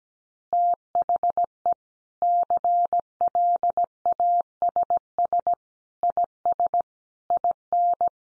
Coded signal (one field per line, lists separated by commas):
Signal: Morse code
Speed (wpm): 17 wpm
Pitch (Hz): 700 Hz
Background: none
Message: THE CLASS IS IN